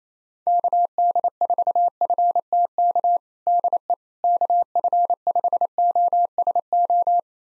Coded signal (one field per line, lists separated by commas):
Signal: Morse code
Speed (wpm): 27 wpm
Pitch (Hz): 700 Hz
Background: none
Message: KD4FTK DE KF5OSO